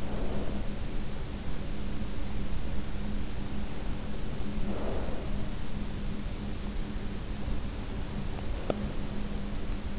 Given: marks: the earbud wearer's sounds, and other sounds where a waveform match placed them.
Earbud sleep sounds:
sounds in sleep by an in-ear microphone; breath, teeth grinding
0.00-0.91 s: breath
4.57-5.46 s: breath
8.54-8.93 s: teeth grinding

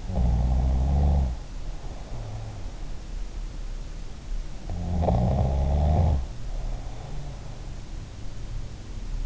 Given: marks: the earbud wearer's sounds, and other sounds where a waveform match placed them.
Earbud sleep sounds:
sounds in sleep by an in-ear microphone; snoring breath
0.00-2.59 s: snoring breath
4.76-7.14 s: snoring breath

